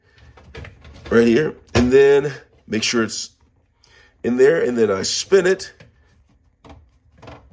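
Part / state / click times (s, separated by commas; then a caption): filter into dishwasher sump / seated / 6.7 s. A cleaned plastic filter is set back into a Siemens dishwasher sump and twisted while someone talks. A sharp click at 6.6 s marks the filter locking into place so it won't come up, securely seated.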